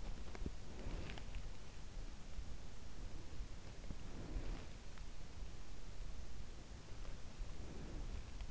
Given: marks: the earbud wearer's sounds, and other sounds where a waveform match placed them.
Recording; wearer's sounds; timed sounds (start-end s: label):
sounds in sleep by an in-ear microphone; breath
0.53-1.46 s: breath
3.95-4.88 s: breath
7.38-8.51 s: breath